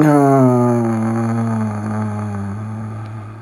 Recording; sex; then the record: sustained vowel /a/; male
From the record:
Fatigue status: fatigue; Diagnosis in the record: COVID-19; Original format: m4a